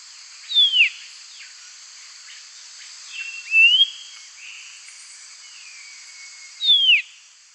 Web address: Natures Songs S America Eastern Lowlands Euphonia laniirostris, song